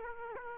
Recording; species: mosquito wingbeat signal from an infrared sensor; Aedes aegypti